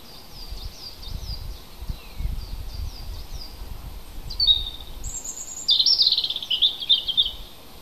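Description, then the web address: Birds singing: faint high thin chirps early on, then a sharp descending phrase and a bright, fast jangling trill near the end, with low background rumble. Native hedgerow birds recorded in April. "oeko hecke vogel april vogel heimisch"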